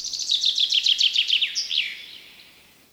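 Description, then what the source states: Common chaffinch song: a cascade of crisp notes sliding lower, finished by a sharp terminal flourish, then fading. Common Estonian bird sound, spring.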